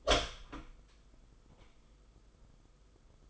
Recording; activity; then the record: daily activity, microphone in the room; open door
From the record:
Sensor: 5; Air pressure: 990.6 hPa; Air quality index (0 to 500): 152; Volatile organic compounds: 180 ppm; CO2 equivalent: 4143 ppm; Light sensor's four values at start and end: 26/62/25/28 and 26/63/26/28